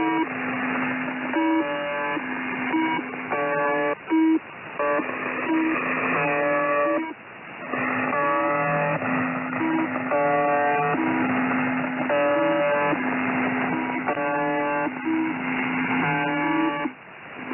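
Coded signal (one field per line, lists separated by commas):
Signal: channel marker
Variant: UVB-76, old buzzer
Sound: harsh repeating buzzes roughly one second long over a steady low hum, with static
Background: radio static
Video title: UVB 76/ The Buzzer playing Old buzzer sound January 8, 2022 13:02 UTC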